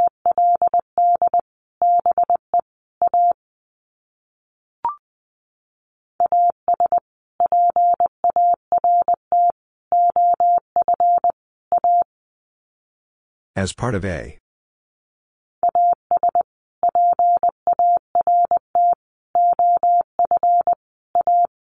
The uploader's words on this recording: Sets of 4 Words 20wpm. First, the words are sent in Morse code.